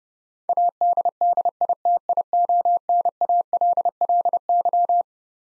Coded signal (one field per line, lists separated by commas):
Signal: Morse code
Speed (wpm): 32 wpm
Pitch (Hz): 700 Hz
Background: none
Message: ADDITIONALLY